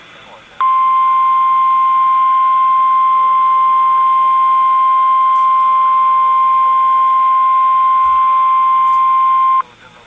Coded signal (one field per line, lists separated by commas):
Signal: Emergency Alert System (SAME) tones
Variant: 1050 Hz attention tone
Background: speech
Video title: EAS Tornado Warning Cass and Otoe County Nebraska NOAA Weather Radio (NWS Omaha, NE)